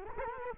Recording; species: mosquito wingbeat signal from an infrared sensor; Culex quinquefasciatus